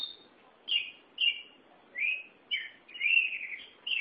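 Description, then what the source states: Oriental magpie-robin song of several drawn-out, slightly buzzy whistled phrases with short gaps, a longer warbling phrase near the end. Chirping song (kicauan) of the bird.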